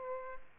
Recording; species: mosquito wingbeat signal from an infrared sensor; Aedes aegypti